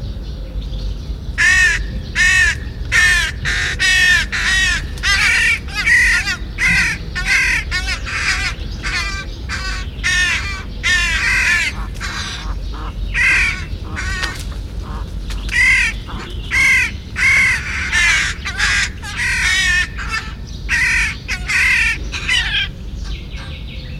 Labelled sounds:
Rook (Corvus frugilegus) call
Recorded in the wild
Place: Calafat, Craina Cazanelor, RO
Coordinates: 43.991, 22.933
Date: 1974-05-16
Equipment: Nagra III BH, Sennheiser MD 21, parabola
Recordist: Schubert, Michael
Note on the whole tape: Saatkrähen-Kolonie, Alt- u. fast flügge Vögel, weil derartig konkret u. dicht, aber Stadtlärm

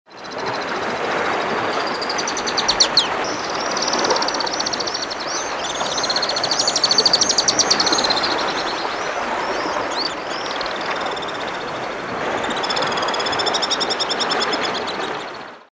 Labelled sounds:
Alpine Swift (Tachymarptis melba)
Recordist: Frommolt, Karl-Heinz
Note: Flugrufe

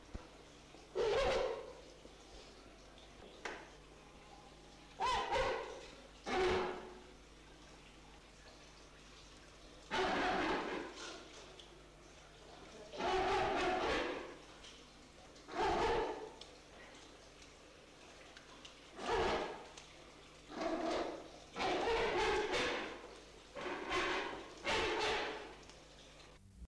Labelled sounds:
King Penguin (Aptenodytes patagonicus) call
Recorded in captivity
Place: Zoo Hannover, Niedersachsen, DE
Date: 1975-03-30
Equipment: Halbspur, 9,5 cm/s
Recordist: Lütgens, Hans

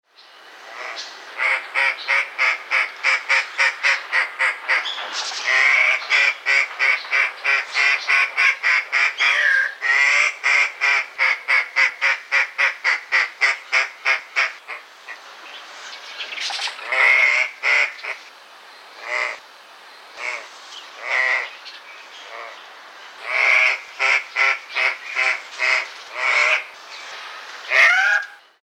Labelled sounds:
Andean Cock-of-the-rock (Rupicola peruvianus)
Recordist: Tembrock, Günter
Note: Männchen: Balz

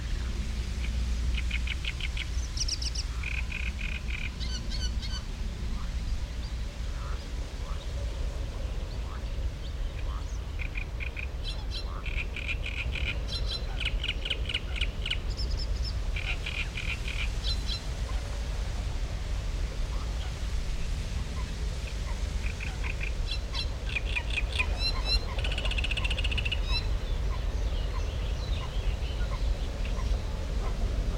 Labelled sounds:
Great Reed Warbler (Acrocephalus arundinaceus)
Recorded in the wild
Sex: male
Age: adult
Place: Karower Teiche, Naturpark Barnim, Berlin, DE
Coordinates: 52.624, 13.462
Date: 1993-05-20 10:25
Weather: heiter, 22-25°C
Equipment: Marantz CP 430, Sennheiser ME 80, Kopie Uher Variocord 263
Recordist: Tembrock, Günter

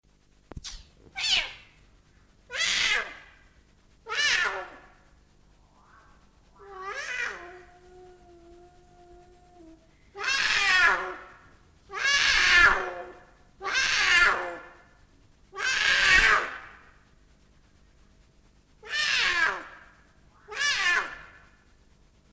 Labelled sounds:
Puma (Puma concolor) call
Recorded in captivity
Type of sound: call
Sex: female
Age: adult
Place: Zoo Berlin, Berlin, DE
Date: 1958-12-24 11:45
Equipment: Vollspur
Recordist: Tembrock, Günter
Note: Weibchen: Maunzen, diverse Laute

